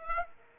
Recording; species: mosquito wingbeat signal from an infrared sensor; Aedes aegypti